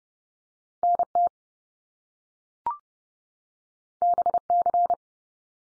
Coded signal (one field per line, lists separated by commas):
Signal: Morse code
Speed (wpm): 30 wpm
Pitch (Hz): 700 Hz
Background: none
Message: NT BC